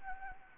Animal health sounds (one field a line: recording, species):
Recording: mosquito wingbeat signal from an infrared sensor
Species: Anopheles gambiae